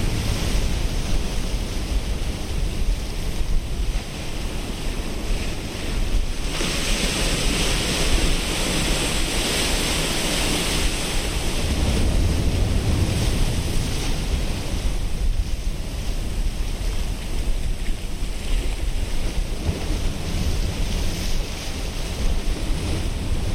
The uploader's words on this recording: Waves and water soundscape, Music for Sleep.